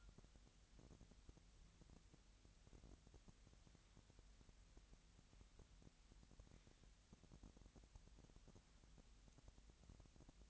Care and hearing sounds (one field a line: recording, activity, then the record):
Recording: daily activity, microphone in the room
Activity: wipe stove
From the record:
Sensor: 3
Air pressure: 1003.2 hPa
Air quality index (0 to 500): 197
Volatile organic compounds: 6 ppm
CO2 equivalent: 1929 ppm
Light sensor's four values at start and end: 12/30/12/13 and 12/30/12/13